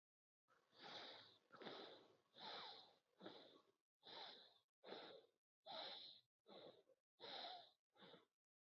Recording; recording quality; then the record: shallow breathing; excellent, no background noise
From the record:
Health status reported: COVID-19 positive, mild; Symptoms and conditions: none ticked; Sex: male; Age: 23 years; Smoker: not ticked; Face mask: not worn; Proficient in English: yes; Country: India